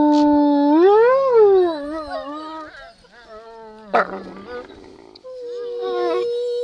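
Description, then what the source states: Wolf howl that rises and falls, followed by wavering whines, a short rough burst midway, then a long level howl to the end. Wolf howls and snarls.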